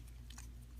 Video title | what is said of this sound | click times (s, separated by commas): Transformers: Robots in Disguise - Warrior Class JAZZ | So, yeah, this this whole panel locks into place on his back. | 0.3 s, 0.4 s